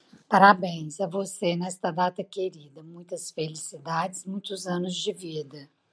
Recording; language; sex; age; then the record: short text; Brazilian Portuguese; female; 50 to 59 years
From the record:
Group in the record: control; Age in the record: 56 years